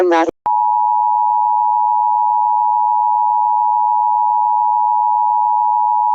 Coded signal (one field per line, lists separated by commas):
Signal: Emergency Alert System (SAME) tones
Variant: 853 and 960 Hz attention tone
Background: speech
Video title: EAS Mini Mock #3: The Virus of all Viruses.